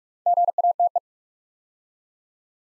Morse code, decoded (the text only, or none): GATE